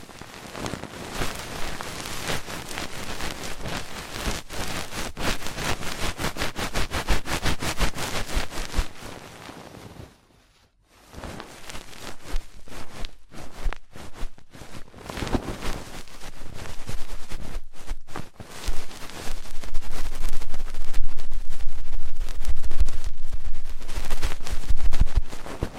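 Fast, intense ear cleaning: a dense, crackling rush of scratching and rubbing that never settles. Around ten seconds it stops dead for a moment, resumes with a few brief breaks, and grows louder and rougher over the final six seconds.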